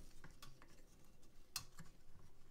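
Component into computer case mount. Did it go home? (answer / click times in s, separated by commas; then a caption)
yes / 1.6 s. A PC component is turned around and pushed into its mount inside a computer case, with light handling taps and scrapes. It snaps into place with a sharp click at 1.6 s, and the component is seated.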